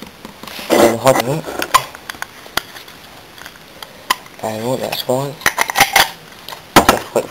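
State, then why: Seated. A plastic model locomotive body is pushed back onto its chassis after its earth wire was rewired, restoring a connection that had been missing and leaving it only partly working. Someone talks over light handling taps and clicks. The body snaps home with a sharp click at 6.8 s and is seated, on and not coming off.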